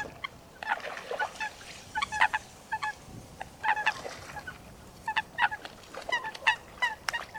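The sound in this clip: Coot calls: sharp, clipped honking notes given singly and in short clusters over a steady background hiss.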